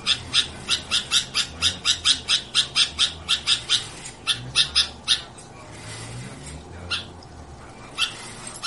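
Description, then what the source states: Sooty-headed bulbul song: a fast run of many loud, bright notes for about five seconds, then a few scattered single notes after a pause. Song described as gacor, meaning continuous, vigorous singing.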